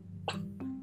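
A single short, dry cough burst from an adult man who currently has a slight cough, heard over low room hum and followed by a brief voiced exhale.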